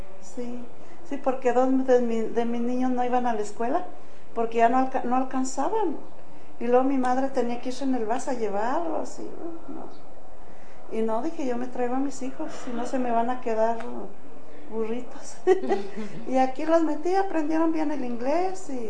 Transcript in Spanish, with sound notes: Sí, sí porque dos de mis niños no iban a la escuela porque ya no alcanzaban y luego mi madre tenía que irse en el bus a llevarlos y no y no, dije: “Yo me traigo a mis hijos, si no se me van a quedar burritos”. (risas) Y aquí los metí, aprendieron bien el inglés